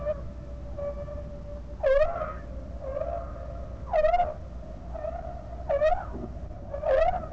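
Whale calls: a few swooping harmonic calls that dip then rise, a second or two apart, over a steady tone and low rumble.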